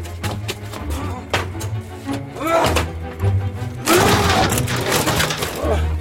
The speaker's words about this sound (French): Oh. C'est ici. Enfoncez la porte.